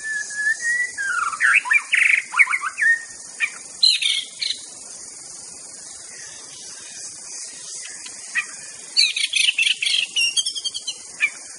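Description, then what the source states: White-rumped shama song: a clear whistled opening, then varied warbled and scratchy phrases, a long pause, and another burst of rapid mixed notes, over a steady high hiss. Wild bird in forest; natural, original song (Indonesian name murai batu).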